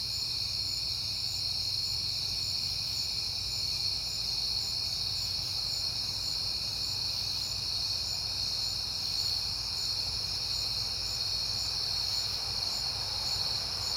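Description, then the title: Crickets keep up a constant shrill chorus, an even trill over a faint low hum. Crickets recorded at night in September, on a peaceful night. "Night Time: Crickets and Passing Cars"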